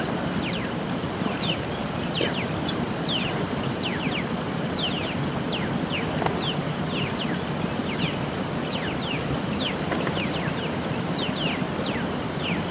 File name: Buthraupis eximia - Black-chested Mountain Tanager